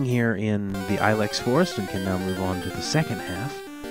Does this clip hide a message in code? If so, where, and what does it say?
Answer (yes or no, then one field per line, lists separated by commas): no